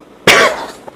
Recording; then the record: coughing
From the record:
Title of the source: 31 night wet cough